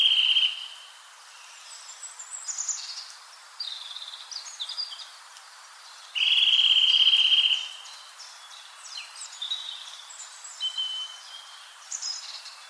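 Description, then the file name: Eurasian nuthatch trilling in fast, level bursts, a brief one at the start and a longer one midway, while scattered thin bird notes sound in the background. "Sitta europaea"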